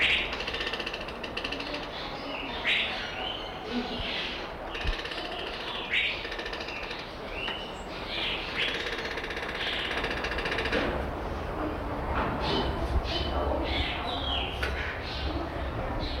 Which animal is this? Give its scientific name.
Ramphastos toco